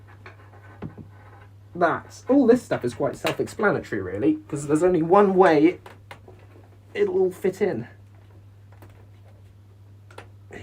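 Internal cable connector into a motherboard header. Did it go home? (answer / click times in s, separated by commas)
yes / 10.1 s, 10.2 s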